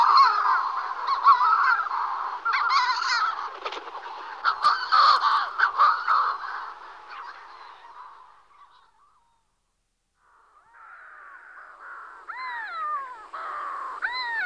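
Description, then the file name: Manx shearwater chorus of harsh cackling calls that fades to near silence midway, then resumes with distinct upswept, crowing cries near the end. "Burnak severni Puffinus puffinus"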